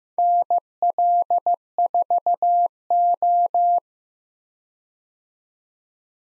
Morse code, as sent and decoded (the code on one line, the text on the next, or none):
-. .-.. ....- ---
NL4O